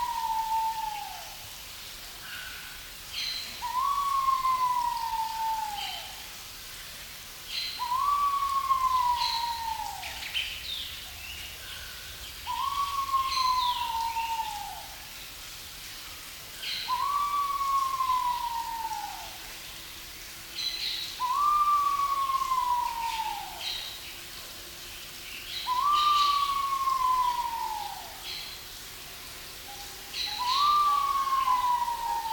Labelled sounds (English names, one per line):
Pheasant Pigeon call